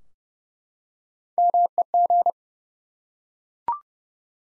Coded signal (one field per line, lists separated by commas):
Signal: Morse code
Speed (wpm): 30 wpm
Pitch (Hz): 700 Hz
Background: none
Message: MEG